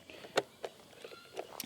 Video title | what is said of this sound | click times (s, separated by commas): 2022 Yamaha Tracer 9 GT (OEM) Hard Panniers Review | and it'll kind of click into place that is locked in place now as you can see here | 0.4 s